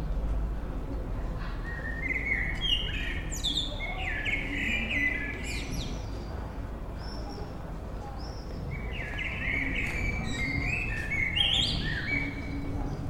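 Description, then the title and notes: Common blackbird song: rich, flute-like warbles in several spaced phrases, some ending in thin high twitters, against constant low background hum. Evening in Bonn old town, May 2003; evening atmosphere. "bonn altstadt, amsel - abendstimmung, mai 2003. Amsel am Abend, Bonn 2003. by maik johannsen"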